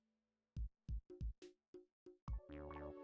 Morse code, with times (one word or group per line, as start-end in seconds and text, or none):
none